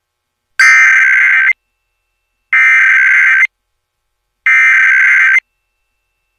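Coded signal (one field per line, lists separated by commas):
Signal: Emergency Alert System (SAME) tones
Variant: header bursts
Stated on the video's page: National EAS test relayed in English and Spanish by FM and TV broadcast stations; some relays repeated the SAME headers up to three times.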